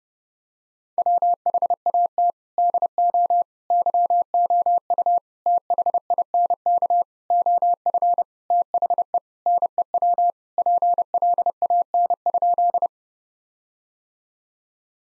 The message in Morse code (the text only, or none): WHAT DO YOU THINK OF THE NEW PLAN?